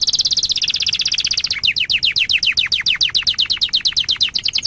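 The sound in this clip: Waterslager canary delivering a fast high trill that turns into quick, repeated, downward-slurred notes, steady and continuous throughout.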